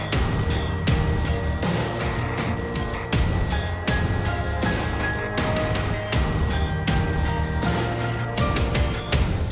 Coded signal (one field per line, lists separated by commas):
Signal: FT8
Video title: Monter une station radioamateur en ville pour la HF partie 2